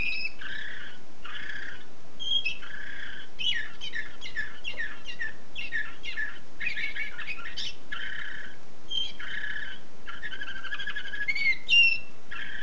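Canary song, almost continuous: varied trills, buzzy chirp runs and whistled slides running through the whole stretch with only brief gaps.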